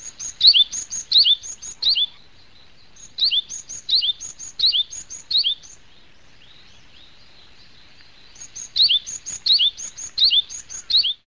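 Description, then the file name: Japanese tit song: bright, high two-note phrases repeated quickly in bursts, with a pause of a few seconds before the series resumes. "shijyukara"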